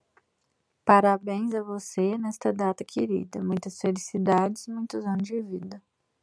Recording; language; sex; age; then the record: short text; Brazilian Portuguese; female; 20 to 29 years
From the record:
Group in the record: control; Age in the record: 26 years